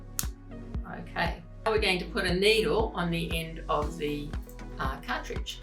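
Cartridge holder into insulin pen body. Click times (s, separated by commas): 0.2 s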